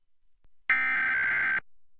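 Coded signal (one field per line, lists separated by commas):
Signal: Emergency Alert System (SAME) tones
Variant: header bursts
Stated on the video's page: National EAS test (NPT) and North Dakota required monthly test, received on FM broadcast stations in Fargo/Moorhead and Minneapolis/St. Paul.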